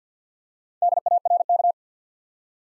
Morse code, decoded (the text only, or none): DARK